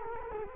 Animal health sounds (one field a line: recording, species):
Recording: mosquito wingbeat signal from an infrared sensor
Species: Culex quinquefasciatus